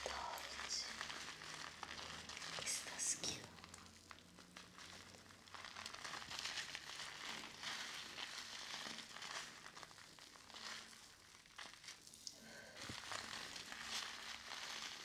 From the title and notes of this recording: ASMR Shampoo and Head Massage Roleplay.